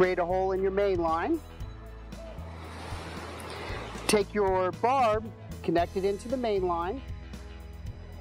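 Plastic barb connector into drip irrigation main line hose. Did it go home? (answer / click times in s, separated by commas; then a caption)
no / none. A plastic barb connector is being pushed by hand toward a hole made with a three-in-one hole punch in the polyethylene drip irrigation main line hose, while someone talks over background music. The barb has not snapped into the main line yet; nothing has seated or clicked in this clip.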